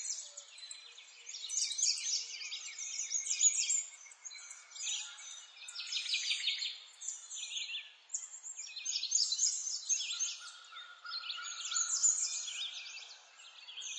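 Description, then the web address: Birds chorusing with bursts of sharp chirps and rapid trills that come in waves, and a long steady tone running low beneath the later part. Forest ambience. "Lynne Music Nature-Ambience-Birds-In-A-Forest"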